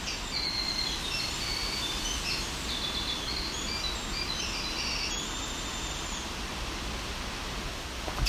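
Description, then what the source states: Winter Wren song: faint, high, rapid twittering notes over steady background hiss. Very long song; typical habitat of fairly dense, dark, low woods with many insects, birch, conifers, white pine, balsam fir, on the Niagara Escarpment edge near Cape Chin South, Bruce Peninsula.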